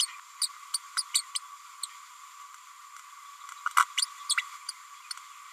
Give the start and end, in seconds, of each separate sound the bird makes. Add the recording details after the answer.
0.41-0.48, 0.74-0.79, 0.97-1.03, 1.14-1.22, 1.35-1.39, 1.83-1.86, 3.76-3.84, 4.02-4.06, 4.29-4.35, 4.37-4.43, 4.68-4.72. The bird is a female. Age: 30 days. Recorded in a nest box in Venezuela. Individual 17B102A6